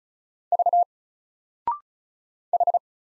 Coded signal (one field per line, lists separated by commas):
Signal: Morse code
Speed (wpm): 33 wpm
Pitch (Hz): 700 Hz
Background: none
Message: V H